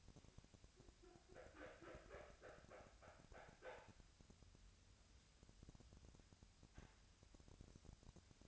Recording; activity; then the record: daily activity, microphone in the room; wipe stove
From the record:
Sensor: 2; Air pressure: 1006.9 hPa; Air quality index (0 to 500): 199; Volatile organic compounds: 14 ppm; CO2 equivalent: 2436 ppm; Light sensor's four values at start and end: 9/23/9/9 and 9/23/9/9